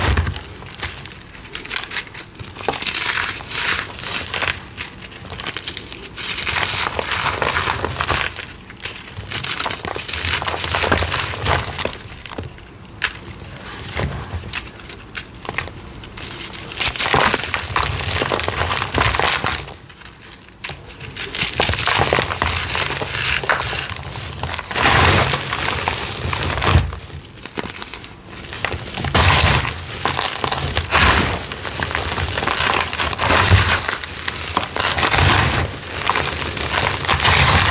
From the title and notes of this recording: PURPLE Citric Acid Rainbow Dyed Chalk Series. Crispy, crunchy citric acid dyed gym chalk and cornstarch crunchies asmr crumbles.